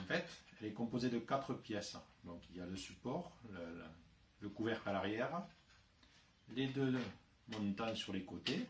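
Someone talks while handling the two 3D-printed plastic side posts of a toy car track's start line, about to push them into the start-line base they clip into. Speech fills most of the clip, with only a faint brief sound near 6.0 s. Nothing has seated or clicked yet.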